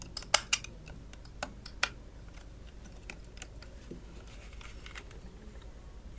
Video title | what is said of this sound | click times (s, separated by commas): Let's replace the dim Revox B126 CD display with a bright LED display | Final snap in place. | 0.3 s